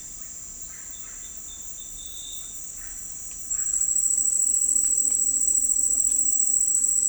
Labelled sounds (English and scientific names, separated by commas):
Russet-backed Oropendola (Psarocolius angustifrons)